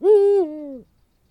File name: uhu bagoly hangja